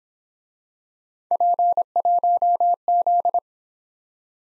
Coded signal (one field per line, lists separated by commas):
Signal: Morse code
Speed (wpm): 26 wpm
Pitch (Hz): 700 Hz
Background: none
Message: P1Z